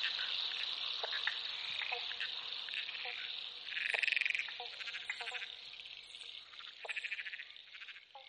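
Frogs calling in a dense chorus, with short clicking croaks over a steady high buzzing, and a louder rattling burst around four seconds.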